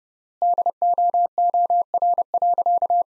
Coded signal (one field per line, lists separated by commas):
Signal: Morse code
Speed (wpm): 30 wpm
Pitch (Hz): 700 Hz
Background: none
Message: DOOR.